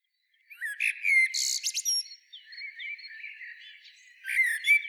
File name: Turdus merula